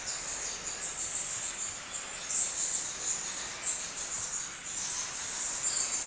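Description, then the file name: Bats squeaking in a continuous high twittering chorus, with a brighter cluster of sharper chirps near the end. Busy bat activity inside a bat cave in Krabi, Thailand. "Bat Cave Busy Activity Krabi Thailand Epidemic Sound"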